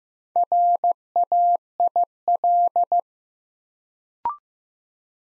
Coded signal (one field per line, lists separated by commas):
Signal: Morse code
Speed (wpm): 15 wpm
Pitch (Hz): 700 Hz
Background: none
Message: RAIL